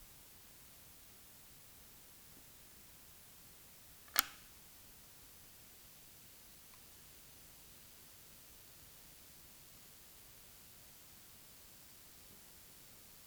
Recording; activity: daily activity, guitar pickup as the sensor; operate light